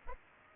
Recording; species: mosquito wingbeat signal from an infrared sensor; Culex pipiens